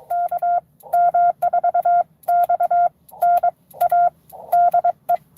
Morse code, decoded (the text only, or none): KM4XNA DE